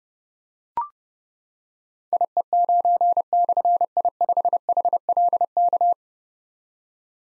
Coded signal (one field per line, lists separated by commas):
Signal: Morse code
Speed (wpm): 30 wpm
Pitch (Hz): 700 Hz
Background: none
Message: IE9/I5HLK